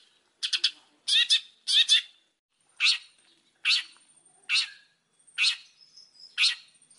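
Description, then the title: Oriental magpie-robin harsh calls: a series of raspy, grating notes, first in quick pairs, then single notes spaced about a second apart, with faint thin whistles between. Lively-singing (gacor) magpie-robin sound used as a lure to prompt other magpie-robins to answer. "Pancingan Suara Siulan Kacer Gacor Mantap Untuk Memancing Kacer Lain Agar Mau Nyaut Bunyi"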